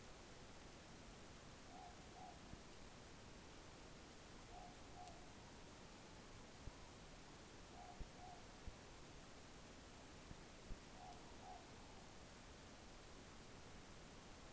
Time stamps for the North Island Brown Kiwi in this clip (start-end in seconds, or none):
none